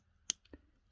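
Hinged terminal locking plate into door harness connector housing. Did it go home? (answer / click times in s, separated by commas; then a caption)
yes / 0.3 s. The hinged plastic secondary locking plate on a door harness connector for the power windows of a 1994 Volvo 940 is folded back up over the populated pins until all three hooks catch, so it holds over the metal terminals' collars and they cannot fall out. A single sharp, loud click at 0.3 s is followed by two faint ticks near 0.5 s. The locking plate is seated and snapped shut.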